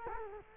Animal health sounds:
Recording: mosquito wingbeat signal from an infrared sensor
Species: Culex quinquefasciatus

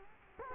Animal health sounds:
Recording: mosquito wingbeat signal from an infrared sensor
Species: Culex quinquefasciatus

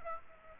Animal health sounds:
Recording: mosquito wingbeat signal from an infrared sensor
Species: Aedes aegypti

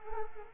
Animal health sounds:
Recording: mosquito wingbeat signal from an infrared sensor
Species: Culex quinquefasciatus

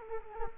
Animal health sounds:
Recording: mosquito wingbeat signal from an infrared sensor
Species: Culex quinquefasciatus

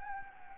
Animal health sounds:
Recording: mosquito wingbeat signal from an infrared sensor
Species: Anopheles gambiae

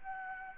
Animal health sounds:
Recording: mosquito wingbeat signal from an infrared sensor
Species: Anopheles gambiae

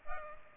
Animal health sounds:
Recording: mosquito wingbeat signal from an infrared sensor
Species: Culex pipiens

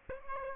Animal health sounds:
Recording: mosquito wingbeat signal from an infrared sensor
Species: Aedes aegypti

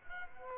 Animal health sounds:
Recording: mosquito wingbeat signal from an infrared sensor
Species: Culex pipiens

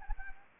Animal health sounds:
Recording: mosquito wingbeat signal from an infrared sensor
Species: Anopheles gambiae

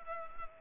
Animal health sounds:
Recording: mosquito wingbeat signal from an infrared sensor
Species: Culex pipiens

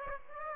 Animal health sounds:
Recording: mosquito wingbeat signal from an infrared sensor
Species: Aedes aegypti

